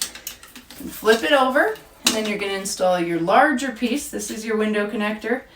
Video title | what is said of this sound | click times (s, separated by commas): homelabs 14000 BTU Portable Air Conditioner Review and Unboxing | slowly slide that into place until you hear those tabs snap | 0.0 s, 0.3 s